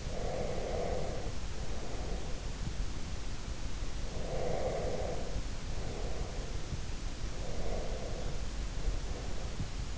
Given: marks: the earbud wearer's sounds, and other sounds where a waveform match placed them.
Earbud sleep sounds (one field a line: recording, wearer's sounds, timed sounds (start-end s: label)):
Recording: sounds in sleep by an in-ear microphone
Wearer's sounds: breath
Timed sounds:
0.00-2.53 s: breath
4.16-6.76 s: breath
7.47-9.75 s: breath